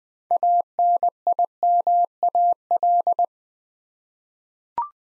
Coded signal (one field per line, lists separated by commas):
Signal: Morse code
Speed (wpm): 20 wpm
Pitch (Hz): 700 Hz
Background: none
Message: ANIMAL